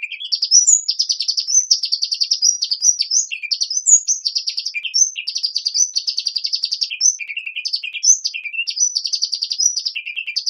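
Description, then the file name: Hummingbird singing a continuous stream of rapid, high-pitched repeated notes, with occasional slurred chirps and lower dips between runs. "Ptichka kolibri - Penie"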